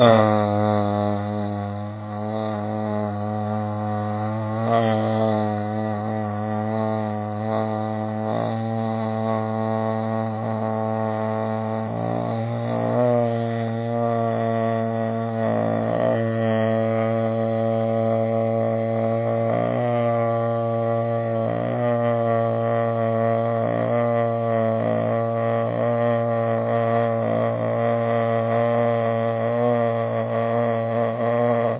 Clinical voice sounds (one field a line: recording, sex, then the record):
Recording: sustained vowel /a/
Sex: male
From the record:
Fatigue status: no fatigue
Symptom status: asymptomatic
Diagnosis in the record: COVID-19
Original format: 3gp